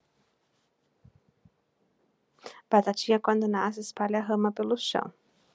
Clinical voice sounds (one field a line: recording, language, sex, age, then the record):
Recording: short text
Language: Brazilian Portuguese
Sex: female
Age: 30 to 39 years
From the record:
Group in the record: control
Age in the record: 36 years